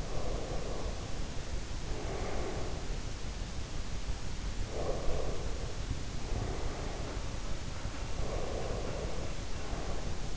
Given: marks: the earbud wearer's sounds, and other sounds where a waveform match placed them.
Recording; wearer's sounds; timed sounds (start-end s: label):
sounds in sleep by an in-ear microphone; breath
0.00-3.14 s: breath
4.62-7.40 s: breath
6.34-10.28 s: sound from someone else or the room
8.18-10.37 s: breath